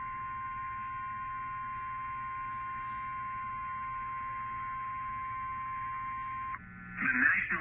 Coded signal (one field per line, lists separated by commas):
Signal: Emergency Alert System (SAME) tones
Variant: 1050 Hz attention tone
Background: speech